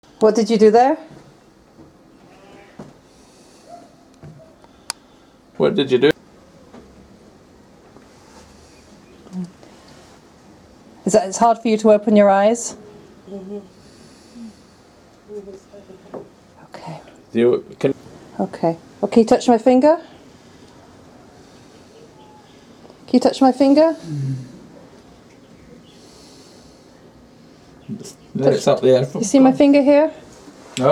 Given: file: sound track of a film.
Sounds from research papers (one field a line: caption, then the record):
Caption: Video showing patient evaluation. This video shows subject III-7 in his home. (The low light conditions, even with light from the camera, reflect the absence of indoor lighting.) The patient is cachectic, with marked, generalized bradykinesia and rigidity. There is dystonic posturing of the right arm. He responds with one-word answers, and has difficulty performing simple commands.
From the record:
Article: Presentation and care of a family with Huntington disease in a resource-limited community